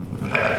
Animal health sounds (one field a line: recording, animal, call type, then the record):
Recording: contact call of a hoofed animal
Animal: sheep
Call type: low-frequency (closed-mouth) or high-frequency (open-mouth) call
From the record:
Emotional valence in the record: positive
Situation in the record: reunion with pen mate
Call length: 0.59 s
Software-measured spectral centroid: 1870 Hz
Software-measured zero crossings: 1740 a second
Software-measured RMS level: -23 dBFS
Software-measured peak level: -5 dBFS